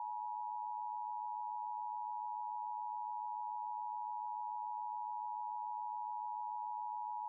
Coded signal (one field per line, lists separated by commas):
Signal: Emergency Alert System (SAME) tones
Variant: 853 and 960 Hz attention tone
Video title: High Wind Watch No EAS